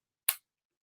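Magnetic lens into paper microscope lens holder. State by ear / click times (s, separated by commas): seated / 0.3 s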